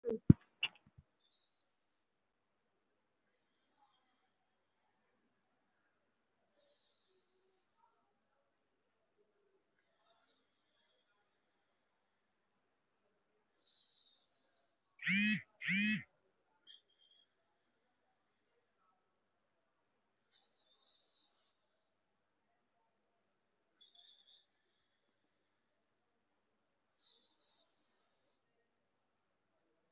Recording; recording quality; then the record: shallow breathing; excellent, no background noise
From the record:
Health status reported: recovered from COVID-19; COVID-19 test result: positive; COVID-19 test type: RT-PCR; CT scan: taken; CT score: 0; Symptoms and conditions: cough, asthma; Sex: male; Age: 18 years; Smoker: no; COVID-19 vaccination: none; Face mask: worn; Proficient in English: yes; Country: India